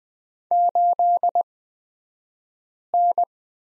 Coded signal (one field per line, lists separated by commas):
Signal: Morse code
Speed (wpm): 20 wpm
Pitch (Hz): 700 Hz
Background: none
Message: 8N